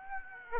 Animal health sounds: mosquito wingbeat signal from an infrared sensor; Aedes aegypti

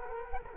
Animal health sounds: mosquito wingbeat signal from an infrared sensor; Culex quinquefasciatus

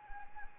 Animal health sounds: mosquito wingbeat signal from an infrared sensor; Anopheles arabiensis

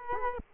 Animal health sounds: mosquito wingbeat signal from an infrared sensor; Culex quinquefasciatus

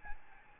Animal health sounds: mosquito wingbeat signal from an infrared sensor; Aedes albopictus

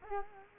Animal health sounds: mosquito wingbeat signal from an infrared sensor; Culex quinquefasciatus

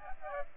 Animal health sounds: mosquito wingbeat signal from an infrared sensor; Aedes aegypti

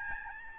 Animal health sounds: mosquito wingbeat signal from an infrared sensor; Aedes albopictus

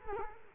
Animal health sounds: mosquito wingbeat signal from an infrared sensor; Culex quinquefasciatus

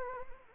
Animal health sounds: mosquito wingbeat signal from an infrared sensor; Anopheles arabiensis

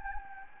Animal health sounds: mosquito wingbeat signal from an infrared sensor; Anopheles gambiae

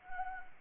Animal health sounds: mosquito wingbeat signal from an infrared sensor; Anopheles gambiae

